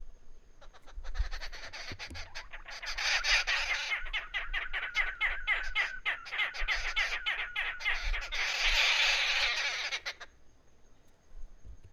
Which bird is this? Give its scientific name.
Turdoides jardineii